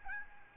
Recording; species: mosquito wingbeat signal from an infrared sensor; Aedes albopictus